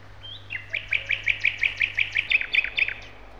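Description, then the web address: Common nightingale song: a short soft note, then a fast run of many similar sharp chirped notes, with a faint low hum beneath. "gerlof. nachtegaal"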